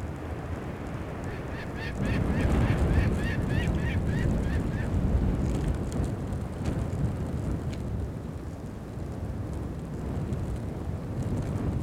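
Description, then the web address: Gyrfalcon giving a quick run of many harsh chattering notes early on, then no further calls while strong, gusting wind rumbles throughout. "Yle Aihe 2016 06 ahma feature, tuuli ja tunturihaukka"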